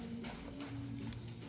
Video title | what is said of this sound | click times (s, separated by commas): The end of 2G GPS Trackers in PH? SinoTrack ST-901 Offline for Several Days | may click na. | 0.6 s, 1.1 s